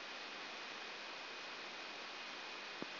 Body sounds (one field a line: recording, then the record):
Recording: brain microelectrode recording played as sound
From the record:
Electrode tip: outside the subthalamic nucleus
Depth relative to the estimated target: -4 mm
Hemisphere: right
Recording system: AlphaMap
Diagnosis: Parkinson's disease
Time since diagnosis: 15 years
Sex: female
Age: 68 years